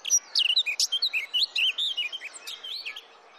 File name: Sylvia atricapilla